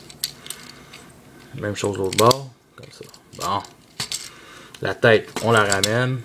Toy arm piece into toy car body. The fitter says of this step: bras, il faut les mettre comme ça pour que les deux petits plastiques rouges, comme vous voyez ici, doivent se clipser entre. Comme ça.